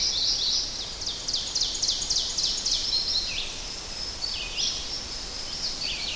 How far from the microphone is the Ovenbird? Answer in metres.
about 70 m